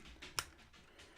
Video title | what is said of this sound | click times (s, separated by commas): Optimus Wilbur Reviews : Transformers Triple Changers Platinum Edition Unboxing and Review | move up the feet you hear them click | 0.4 s